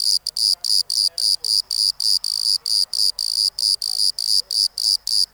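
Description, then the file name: Bordeaux cricket song: a fast, even series of shrill chirps, each short and high, repeating nearly four times a second. "Modicogryllus bordigalensis"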